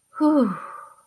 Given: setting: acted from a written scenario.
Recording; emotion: vocal sound without words; relief